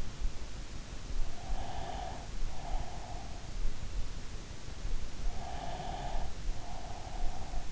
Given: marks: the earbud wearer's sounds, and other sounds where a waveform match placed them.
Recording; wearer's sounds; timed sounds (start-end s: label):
sounds in sleep by an in-ear microphone; breath
1.39-3.78 s: breath
5.20-7.71 s: breath